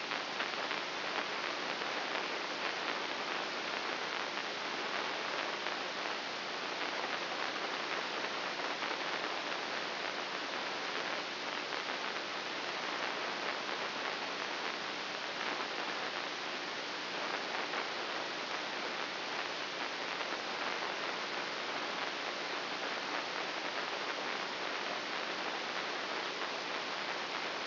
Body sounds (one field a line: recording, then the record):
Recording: brain microelectrode recording played as sound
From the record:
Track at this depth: inside the subthalamic nucleus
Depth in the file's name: 1.005 mm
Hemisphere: right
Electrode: 3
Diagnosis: Parkinson's disease